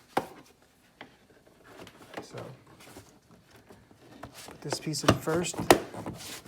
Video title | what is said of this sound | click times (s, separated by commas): Mercedes ML350 - Replacing the Alternator (ML350 2012 - 2015) and (GLE350 2016 - 2018) W166 | Again, this just pop right in. | 0.2 s